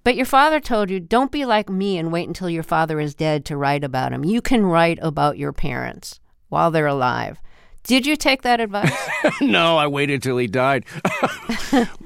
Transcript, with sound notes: But your father told you, don't be like me and wait until your father is dead to write about him. You can write about your parents while they're alive. Did you take that advice?
(Laughter) No, I waited till he died,